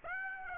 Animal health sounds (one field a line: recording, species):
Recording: mosquito wingbeat signal from an infrared sensor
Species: Aedes aegypti